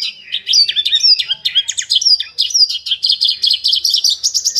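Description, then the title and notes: Bird song: an almost continuous fast jumble of high chirps, whistles and buzzy trills. Bird song for training pet birds. "Suara Burung. Suara Kicauan Burung untuk memaster burung kesayangan"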